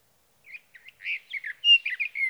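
Sage thrasher song fragment, soft opening notes followed by a rapid jumble of warbled, slurred phrases.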